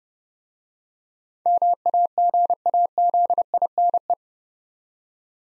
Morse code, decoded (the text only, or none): MAGAZINE